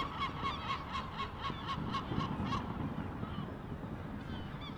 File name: le 10 juin 2016 seagulls frightened of fireworks